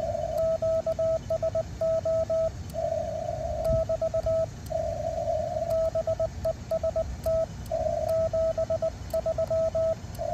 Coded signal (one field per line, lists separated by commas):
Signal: Morse code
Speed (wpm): 20 wpm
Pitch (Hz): 1300 Hz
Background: radio noise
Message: QSO <BT> BEST 73